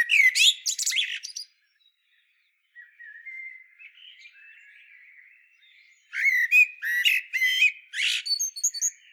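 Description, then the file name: Common blackbird singing: an opening burst of shrill twitter, a pause, quiet fluted warbling, then another run of loud, high squeaky notes. "Turdus merula"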